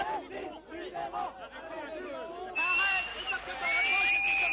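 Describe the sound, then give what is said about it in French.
A large crowd at the Vel d'Hiv commemoration ceremony for its victims boos and shouts at François Mitterrand in a loud, restless jumble of voices; partway through, shrill sustained whistles cut in above the jeering and continue to the end. “Mais voilà, François Mitterrand est hué par une minorité de l'assistance qui juge le geste insuffisant. Au sifflet des uns répond l'indignation des autres.”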